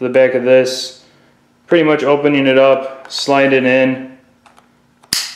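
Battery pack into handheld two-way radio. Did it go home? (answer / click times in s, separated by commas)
yes / 5.1 s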